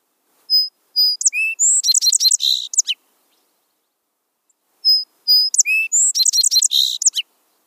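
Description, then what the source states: Song sparrow song, given twice: a few clear whistled introductory notes followed by a fast buzzy trill and jumbled ending, about two and a half seconds each, with silence between. Song sparrow song, one of the earliest songs heard in spring; the bird is present in the landscape almost every day.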